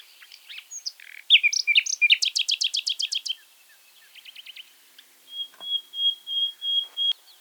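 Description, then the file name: Common nightingale singing varied chirps that build into a loud fast repeated series, a softer stutter, then a long pure whistled note broken by clicks. "Luscinia megarhynchos"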